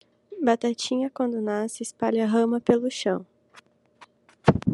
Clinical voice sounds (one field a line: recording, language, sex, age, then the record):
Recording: short text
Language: Brazilian Portuguese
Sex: female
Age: 20 to 29 years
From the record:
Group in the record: control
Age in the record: 21 years